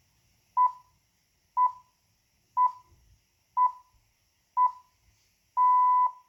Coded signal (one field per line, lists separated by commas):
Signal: radio time signal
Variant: time pips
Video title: Retekess TR629 BBC Radio 4 News At 1200 GMT 19/01/2024 92.9 MHz